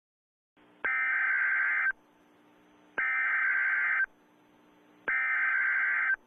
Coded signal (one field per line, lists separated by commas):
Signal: Emergency Alert System (SAME) tones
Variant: header bursts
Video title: My 1st Emergency Alert System